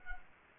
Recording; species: mosquito wingbeat signal from an infrared sensor; Culex quinquefasciatus